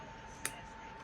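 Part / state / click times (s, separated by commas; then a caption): stock CPU cooler onto a motherboard socket mount / seated / 0.5 s. A stock CPU cooler is refitted onto a motherboard socket mount by pushing its plastic push-pin or clip mounts down. A single sharp, bright snap at 0.5 s seats the cooler, over a steady faint tone and low background noise, followed by a duller low-pitched bump near the end. The cooler is seated.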